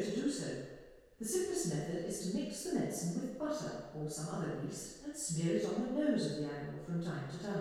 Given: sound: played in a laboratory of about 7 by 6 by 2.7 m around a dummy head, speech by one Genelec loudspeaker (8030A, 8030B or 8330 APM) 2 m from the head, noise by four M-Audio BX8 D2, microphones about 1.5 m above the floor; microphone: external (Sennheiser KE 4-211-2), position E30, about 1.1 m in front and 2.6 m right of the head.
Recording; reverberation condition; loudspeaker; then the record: female speech in English; high; 30 degrees to the right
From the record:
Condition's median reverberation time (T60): about 1300 ms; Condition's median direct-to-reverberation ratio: about -4.0 dB